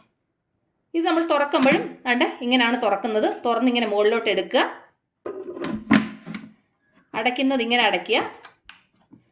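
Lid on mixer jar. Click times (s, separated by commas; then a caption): 8.7 s. Someone talks while closing the cap on a plastic mixer/food-processor jar and turning it to lock. A sharp click is heard at 8.7 s, and the lid is locked closed.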